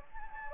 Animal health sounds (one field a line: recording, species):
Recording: mosquito wingbeat signal from an infrared sensor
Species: Anopheles gambiae